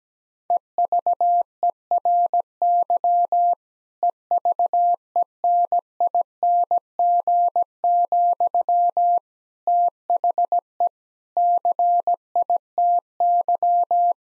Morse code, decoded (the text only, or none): EVERY EVENING, THE CITY